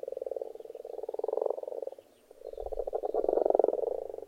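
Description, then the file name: Frogs giving rapid pulsed croaks, two overlapping bouts separated by a brief lull, the second rising louder. Several frogs calling in a pond. "benboncan frogs-in-a-pond"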